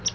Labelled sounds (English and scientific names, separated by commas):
Palm Warbler (Setophaga palmarum) flight call